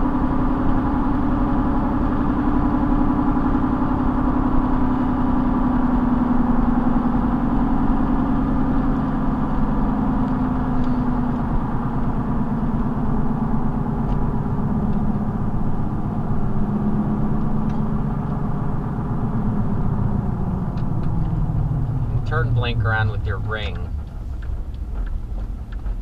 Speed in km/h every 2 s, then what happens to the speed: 98, 98, 95, 95, 89, 82, 74, 68, 66, 69, 52, 26, 15.
0-6 steady at about 95. 6-13 brakes to 68. 13-18 steady at about 68. 18-26 brakes to 15.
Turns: none.